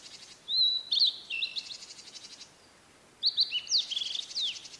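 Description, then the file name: Blue-and-white flycatcher song in two phrases of high whistles and sliding notes, mixed with buzzy, rapidly pulsed sounds. "oruri"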